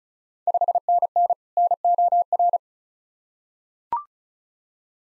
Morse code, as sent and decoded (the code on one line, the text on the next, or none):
..... -. -. / -. --- .-.
5NN NOR